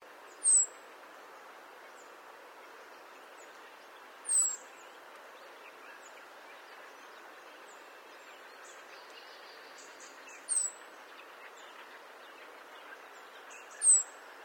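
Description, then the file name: European robin repeating a thin, high, falling seep call four times at uneven intervals over a steady background rush. "Erithacus rubecula"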